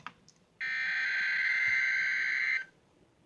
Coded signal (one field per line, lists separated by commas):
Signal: Emergency Alert System (SAME) tones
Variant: header bursts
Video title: Required Weekly Test on WX4CH 4/1/20 (EAS#54)